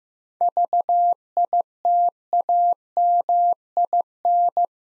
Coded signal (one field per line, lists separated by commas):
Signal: Morse code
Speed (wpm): 15 wpm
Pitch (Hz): 700 Hz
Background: none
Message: VITAMIN